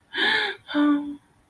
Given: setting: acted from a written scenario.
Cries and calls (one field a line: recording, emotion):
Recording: vocal sound without words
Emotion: sadness